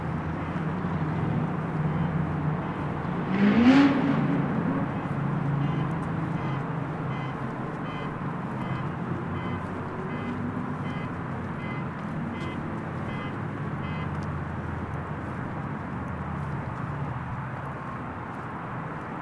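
Outside a hotel, a steady low rumble of traffic and street noise runs throughout. Near the four-second mark a vehicle passes with a brief rising swell that fades away, while faint, regular ticking and insect-like chirps continue in the background.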